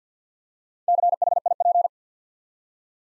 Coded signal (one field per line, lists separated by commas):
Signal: Morse code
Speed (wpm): 52 wpm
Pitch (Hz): 700 Hz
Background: none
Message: CHIP